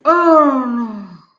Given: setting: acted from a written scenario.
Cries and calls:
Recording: vocal sound without words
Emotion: disappointment

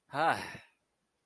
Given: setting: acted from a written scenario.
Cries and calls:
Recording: vocal sound without words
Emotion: ecstasy

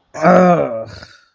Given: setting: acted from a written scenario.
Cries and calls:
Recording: vocal sound without words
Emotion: disgust

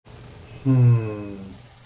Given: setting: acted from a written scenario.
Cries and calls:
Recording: vocal sound without words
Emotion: desire

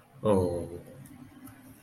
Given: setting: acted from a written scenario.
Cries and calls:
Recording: vocal sound without words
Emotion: shame

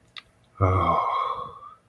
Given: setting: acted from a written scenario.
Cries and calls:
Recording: vocal sound without words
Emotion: romantic love

